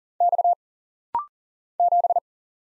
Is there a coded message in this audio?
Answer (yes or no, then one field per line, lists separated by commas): yes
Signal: Morse code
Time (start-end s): 0.2-2.2 s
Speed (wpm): 40 wpm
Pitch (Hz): 700 Hz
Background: none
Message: X 7